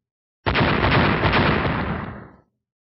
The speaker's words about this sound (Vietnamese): Tiếng nổ vang ngập trời liên tục không dứt, như muốn chấn vỡ mảnh trời đất này.